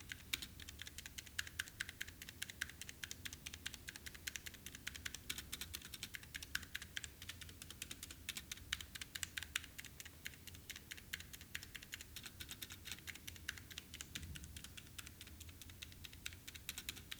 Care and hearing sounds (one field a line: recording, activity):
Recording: daily activity, guitar pickup as the sensor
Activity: type